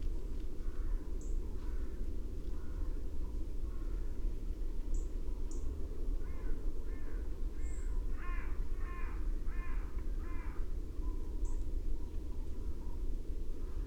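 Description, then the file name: Carrion crow cawing, a run of harsh, hoarse caws from about eight to ten seconds after fainter earlier calls, over steady loud low rumbling background noise. "Corvus corone"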